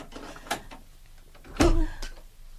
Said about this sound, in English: Look, I'm opening the door.